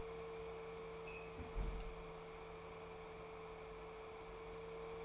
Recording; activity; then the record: daily activity, microphone in the room; close fridge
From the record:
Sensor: 1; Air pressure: 1014.9 hPa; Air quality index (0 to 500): 192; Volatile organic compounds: 21 ppm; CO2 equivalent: 2712 ppm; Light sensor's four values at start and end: 13/33/13/15 and 11/28/11/13